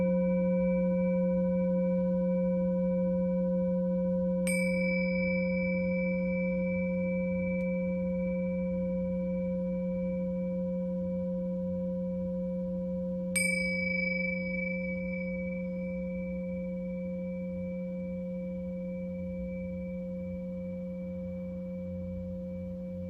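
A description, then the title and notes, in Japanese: A singing bowl rings with a steady low hum and pure overtones, struck lightly at about 4 and 13 seconds with bright ringing attacks. 朝のちょこっとLive シンギングボウル。シンギングボウルの波動。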